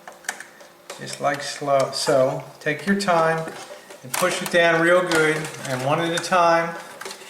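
A desktop memory stick is guided down into its motherboard slot during a RAM upgrade on an Optiplex GX620, with a few faint sharp ticks near the start around 0.1 to 0.4 seconds. Someone talks throughout the clip. The module has not seated or clicked into place yet.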